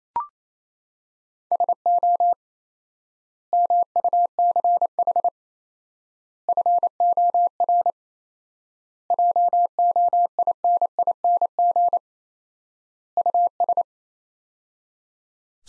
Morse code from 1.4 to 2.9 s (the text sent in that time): SO